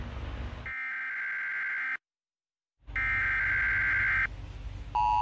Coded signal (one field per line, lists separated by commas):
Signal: Emergency Alert System (SAME) tones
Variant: header bursts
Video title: NEW SERIES ALERT! Gonna make EAS Scenarios